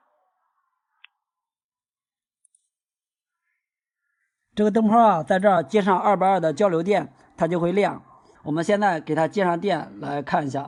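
After two wires are pulled out, a plastic cover is snapped back onto a milk frother body, giving sharp clicks at 1.1 s and 2.5 s in otherwise near silence. The cover seats in place, and from about 4.6 s someone talks.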